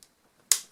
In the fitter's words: till you hear the click. Oh, so that's one done.